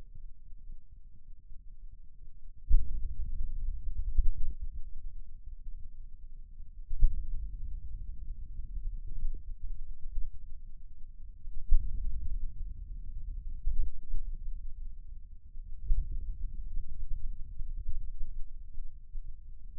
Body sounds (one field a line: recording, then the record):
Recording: forearm muscle sounds (acoustic myography)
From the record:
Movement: hand opening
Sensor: system 2, bracelet of six BSWA MPA416 microphones around the upper forearm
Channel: 2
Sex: male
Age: 22 years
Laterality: right